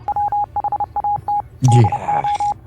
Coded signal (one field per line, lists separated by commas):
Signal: Morse code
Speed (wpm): 30 wpm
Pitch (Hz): 820 Hz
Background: none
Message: WHAT DO